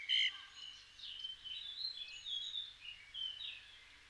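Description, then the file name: Common blackbird: a loud note opens, then a run of high, thin twittering notes that rise and fall without pause. "Turdus merula"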